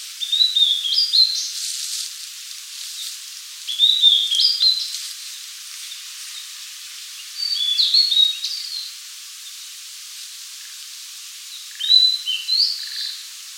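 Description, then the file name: Blue-and-white flycatcher repeating short whistled song phrases about every four seconds, each a quick run of sliding notes, with light hiss throughout. "Cyanoptila cyanomelana"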